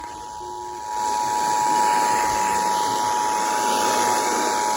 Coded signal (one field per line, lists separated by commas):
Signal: Emergency Alert System (SAME) tones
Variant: 853 and 960 Hz attention tone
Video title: EAS #1609 Severe Thunderstorm Warning on WZOK 4-30-22